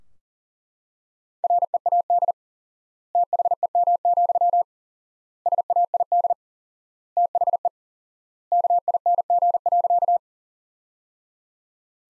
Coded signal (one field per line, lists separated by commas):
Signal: Morse code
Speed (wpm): 40 wpm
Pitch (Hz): 700 Hz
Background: none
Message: READ THEM, SAID THE KING.